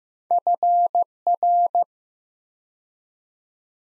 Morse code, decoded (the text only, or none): FR